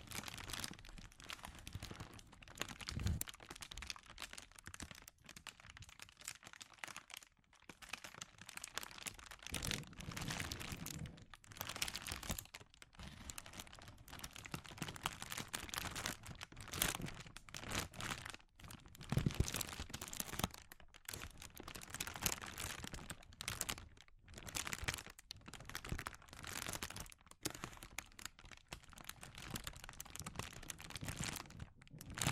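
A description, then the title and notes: Soft crinkling continues through the whole stretch, a dense stream of crackles and crunches that rise and fall in bursts. Brief gaps break it up every few seconds, with brighter, sharper flurries near 8, 18 and 25 seconds. ASMR Sensitive Crinkles (No Talking).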